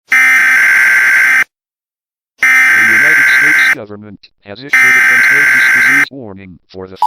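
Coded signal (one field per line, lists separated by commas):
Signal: Emergency Alert System (SAME) tones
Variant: header bursts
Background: speech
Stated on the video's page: Fictional EAS scenario.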